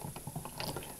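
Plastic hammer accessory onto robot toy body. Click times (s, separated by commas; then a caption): 0.6 s. A plastic hammer weapon is clipped onto the body of a Planet X Neptune FOC Sludge robot toy in dinosaur mode for storage. Rapid plastic ratcheting and handling clicks lead to a sharp click at 0.6 s as the hammer seats on the body. It clips on and holds.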